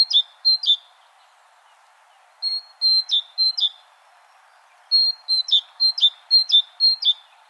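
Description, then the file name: Great tit delivering three separate bursts of piercing two-note pairs, short, then medium, then a longer run, each note pair dropping slightly in pitch. "Parus major"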